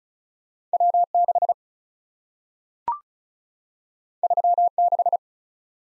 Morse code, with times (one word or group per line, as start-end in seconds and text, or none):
0.7-1.0 W
1.1-1.5 6
4.2-4.7 3
4.8-5.2 6